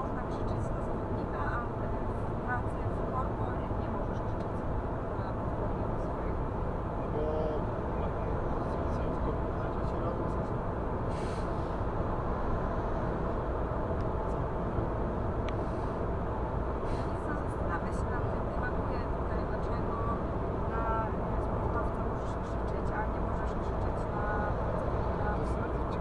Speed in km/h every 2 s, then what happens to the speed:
93, 94, 95, 96, 96, 97, 99, 99, 100, 103, 104, 105, 105.
0-26 speeds up to 105.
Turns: none.